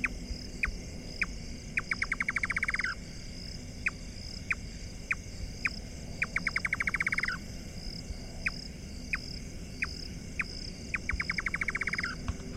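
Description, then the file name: Indian Nightjar song: a few spaced knocking chuk notes that speed up into a rapid rattling trill, repeated three times, over a steady high insect hum. "Indian Nightjar Caprimulgus asiaticus"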